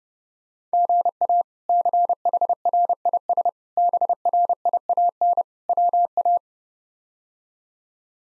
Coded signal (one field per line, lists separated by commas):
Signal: Morse code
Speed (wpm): 30 wpm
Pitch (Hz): 700 Hz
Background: none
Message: GA CHRIS BRIAN WA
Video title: K1USN SST QSO Practice 30wpm